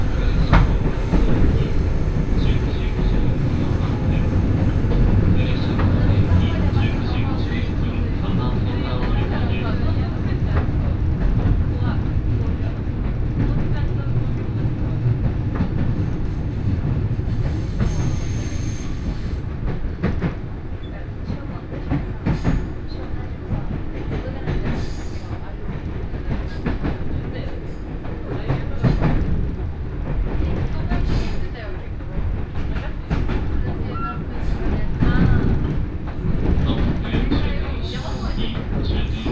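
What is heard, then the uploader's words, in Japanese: A local train rolls along, recorded from inside the carriage, with a dense steady low rumble and rattle of wheels throughout. Faint voices and brief clicks come through the noise, and the high hiss thins out after about twenty seconds as the ride grows slightly quieter. 仙石線 普通 松島海岸→石巻。仙台からの通勤通学客を主に乗せた電車も徐々に人が減っていく感じが分かります。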